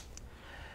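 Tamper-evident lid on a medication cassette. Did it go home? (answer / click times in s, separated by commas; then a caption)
released / 0.2 s. The tamper-evident lid on a sealed plastic medication cassette is opened for the first time. The seal gives one short, sharp click at 0.2 s, which shows the cassette has never been opened. A low steady background hum runs throughout.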